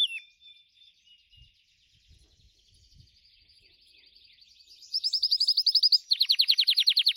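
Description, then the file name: Gloster canary singing, soft faint twittering at first, then loud rapid rolling trills bursting in near the end. "canto do canario gloster"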